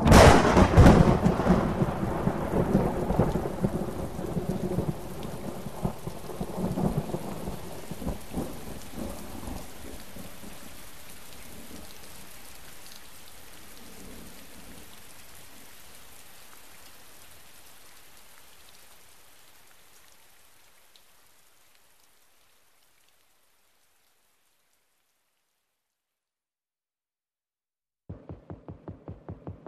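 A loud thunderclap booms over steady rain, its deep rumble rolling on and slowly fading with the rain into silence before a brief new sound starts at the very end.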